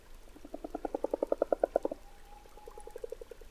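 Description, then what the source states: Common frog croaking: soft rapid pulsed purring bursts, one building and louder near its end, then a shorter fainter series after a pause, with a faint steady whine. Late February, Valdrôme forest, Diois, by a temporary forest pond colonised by common frogs, heard purring; just emerged after a cold winter; recorded with Nagra Ares BB+ and DPA6007.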